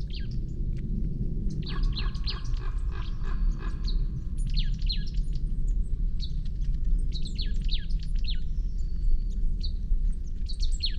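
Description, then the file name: Marsh tit calls, buzzy repeated notes early on followed by many sharp high chips in scattered bursts, with constant low background rumble. "Poecile palustris"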